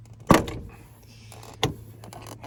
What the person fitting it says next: Hear it pop.